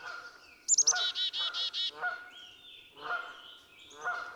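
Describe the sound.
Black-capped chickadee call: a few very high sharp notes followed by five buzzy dee notes, with lower nasal calls repeating before and after.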